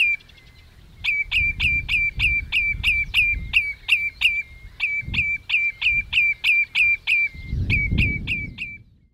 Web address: sound Spotted-Redshank. صدای-آبچلیک-خالدار